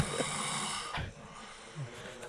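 Loud, rough, rattling snore bursts from an adult sleeping with the mouth open, with quieter breathing between them; the snoring is loud enough to carry through a door into the next room.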